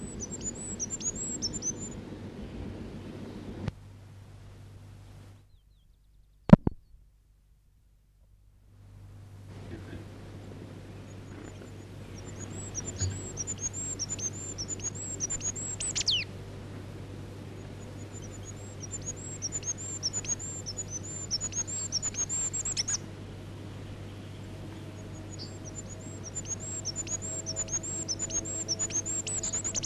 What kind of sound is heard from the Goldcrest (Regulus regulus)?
song